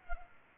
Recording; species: mosquito wingbeat signal from an infrared sensor; Culex pipiens